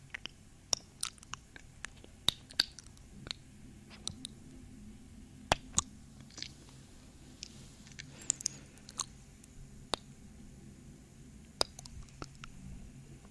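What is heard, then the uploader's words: Up close, moist kisses and soft breathing come in short, wet clicks and smacks scattered irregularly over a low, steady hum. ASMR 3dio kisses breathing, up close.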